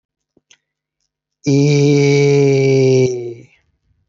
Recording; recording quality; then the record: sustained vowel as in made; excellent, no background noise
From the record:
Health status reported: healthy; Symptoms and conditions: none ticked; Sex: male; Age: 25 years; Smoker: not ticked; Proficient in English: yes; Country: India